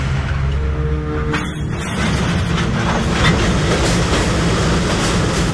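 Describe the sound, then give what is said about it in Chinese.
A steam train rumbles along the tracks of the Beijing–Zhangjiakou railway with a loud, steady clatter and low chugging roar, a brief hiss cutting through early on, with no voices present. “京张铁路曲曲折折地穿梭于山峦之间，途经隧道、险峰，连接着北京与张家口。”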